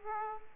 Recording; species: mosquito wingbeat signal from an infrared sensor; Aedes aegypti